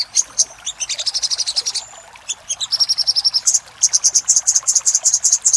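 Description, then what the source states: Little spiderhunter song: rapid high chattering, a thin drawn-out whistle, a brief gap, then steady runs of sharp chips. Master recording made for training cage birds, in the labaik song style.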